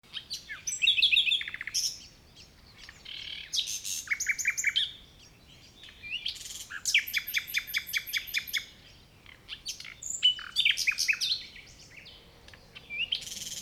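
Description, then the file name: Common nightingale song over about fourteen seconds: varied phrases of fast rattling trills, sharp chips and whistles, broken by short pauses. "Luscinia megarhynchos"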